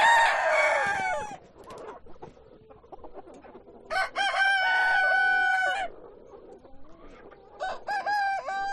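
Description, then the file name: Chickens crowing, a loud dense crow opening, then a clear sustained crow midway and short crow bursts near the end, with clucking throughout. Chickens on a chicken farm. "west wolf Chicken farm"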